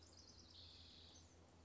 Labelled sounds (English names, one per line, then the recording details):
House Wren
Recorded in Sonoma County, California